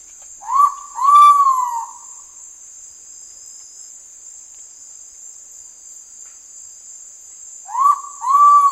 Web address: ULM-DS-Lab indonesian-bird-sounds. Pitta maxima